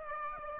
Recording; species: mosquito wingbeat signal from an infrared sensor; Aedes aegypti